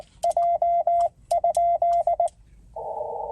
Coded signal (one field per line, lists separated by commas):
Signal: Morse code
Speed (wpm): 19 wpm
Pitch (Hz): 690 Hz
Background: none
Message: J?